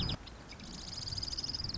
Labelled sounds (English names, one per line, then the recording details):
Marsh Wren
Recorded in Sonoma County, California